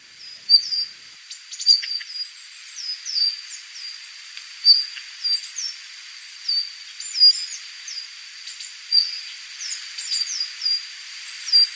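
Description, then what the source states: Japanese leaf warbler song: short, high, chirping notes repeated about once a second over a steady thin high whine, with a few fainter high notes between. Kamishima island, Mie Prefecture, Japan.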